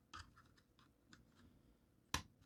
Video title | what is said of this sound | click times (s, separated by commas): Studio Series 86 Leader Class Grimlock Review | and just snaps back in there | 2.1 s